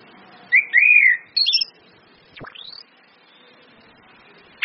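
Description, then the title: Orange-headed thrush song: sweet whistled phrases, followed by a sharp rising sweep and a brief note at the end. Indonesian bird-training recording of Orange-headed thrush song, including female whistles, meant to make birds sing actively. "PANCINGAN anis kembang ngeplong dan SUITAN BETINA"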